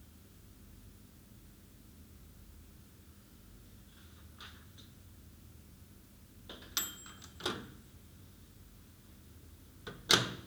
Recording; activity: daily activity, guitar pickup as the sensor; use microwave